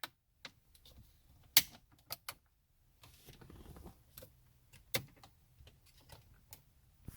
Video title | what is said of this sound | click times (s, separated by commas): SPECIAL EPISODE: Installation of Tesla style head unit for 2013 Hyundai Sonata | so it will just snap in place right there | 1.6 s